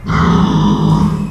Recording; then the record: squeal of a Yucatan mini pig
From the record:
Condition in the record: after surgery on the right vocal fold (resection and tissue-engineered implant); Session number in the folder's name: 16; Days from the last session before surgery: 183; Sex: female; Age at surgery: 19 weeks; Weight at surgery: 25 kg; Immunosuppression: prednisolone